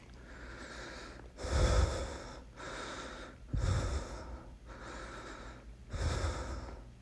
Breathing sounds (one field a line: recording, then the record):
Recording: deep breathing after running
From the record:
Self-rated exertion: moderate exertion (3 of 6)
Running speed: 9 miles an hour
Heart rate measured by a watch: 101 beats a minute at the start, 102 at the end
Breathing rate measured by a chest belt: 20 breaths a minute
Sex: male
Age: 37 years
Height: 174 cm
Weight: 76 kg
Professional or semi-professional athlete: no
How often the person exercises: over 5 times a week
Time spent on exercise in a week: over 5 hours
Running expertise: yes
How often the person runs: 3 to 5 times a week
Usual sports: running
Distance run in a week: 70 km